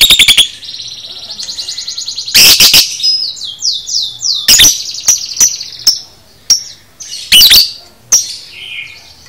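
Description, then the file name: Lovebird song: a long high buzzy trill, then harsh shrill bursts and rapid falling chirps, with sharp squeaky notes scattered through to the end. Lovebird masteran recording, made for training cage birds. "masteran lovebird paud"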